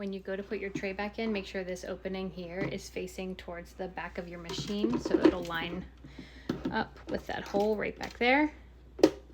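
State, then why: Seated. A plastic tray is put back into a Momcozy bottle washer, with its opening lined up with the hole at the back of the machine and pushed down while someone talks. A sharp click at 9.0 s marks the tray seating into place.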